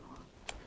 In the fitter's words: Oh, it doesn't latch.